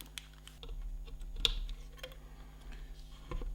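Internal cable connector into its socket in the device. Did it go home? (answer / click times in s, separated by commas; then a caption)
yes / 1.5 s. An internal cable connector, its springy tab facing inward, is pushed into its socket in the device under a head torch, with faint ticks and handling noises around it. A sharp, distinct click at 1.5 s marks the connector seating firmly into place.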